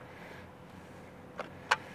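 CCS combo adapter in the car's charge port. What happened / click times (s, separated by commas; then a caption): The connector latch released and the plug came free / 1.7 s. The top button on a CCS combo adapter plugged into a car's charge port is pressed and the connector is popped out of the port. A soft tap at 1.4 seconds is followed by a sharp click at 1.7 seconds over a quiet, steady background hum, and the adapter comes free.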